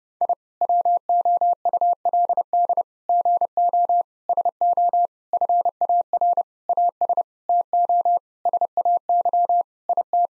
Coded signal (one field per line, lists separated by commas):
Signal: Morse code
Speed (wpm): 32 wpm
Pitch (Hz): 700 Hz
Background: none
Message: I WOULD GO SO FAR AS TO SAY IT